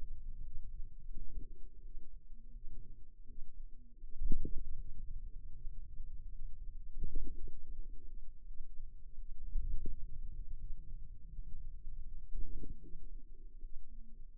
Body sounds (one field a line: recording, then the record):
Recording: forearm muscle sounds (acoustic myography)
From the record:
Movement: ulnar deviation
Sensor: system 2, bracelet of six BSWA MPA416 microphones around the upper forearm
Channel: 3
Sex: female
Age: 23 years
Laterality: right